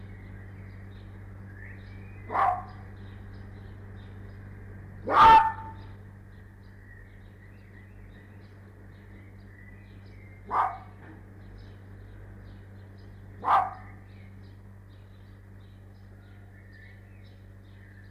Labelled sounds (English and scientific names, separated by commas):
Arctic Fox (Vulpes lagopus)